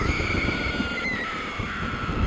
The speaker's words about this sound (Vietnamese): Một tiếng gào thét xé toạc không gian, nó hòa cùng với tiếng sấm tạo nên một âm thanh ghê rợn, làm hoang mang cả một vùng.